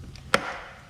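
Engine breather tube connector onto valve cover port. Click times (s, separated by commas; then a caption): 0.3 s. The rear breather tube's plastic quick-connect fitting on a Chevy 1.8 ECOTEC engine is lowered onto the port of the new valve cover and pushed in until it latches. A faint tick at 0.2 s comes before a single sharp click at 0.3 s, followed by a brief fading ring. The connector is seated on the valve cover port.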